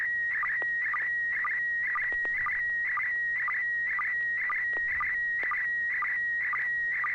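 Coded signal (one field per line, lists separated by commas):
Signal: SSTV (slow-scan television)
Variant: PD120 mode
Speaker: this is PD [Music] 120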